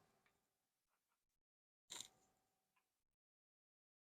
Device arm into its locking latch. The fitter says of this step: and it should lock into place